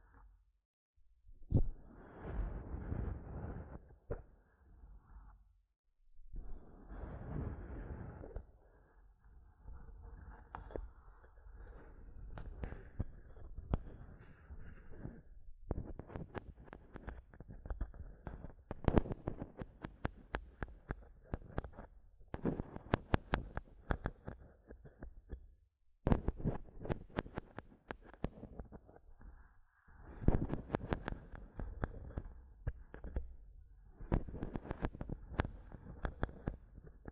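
Mic tapping and scratching in uneven bursts of sharp clicks and rough scraping, separated by brief silences, with dense rapid taps in later stretches.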